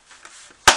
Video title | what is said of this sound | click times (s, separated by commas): REPAIR A WESTINGHOUSE MONITOR BY REPLACING POWER SUPPLY PART 2 | that snaps right in | 0.7 s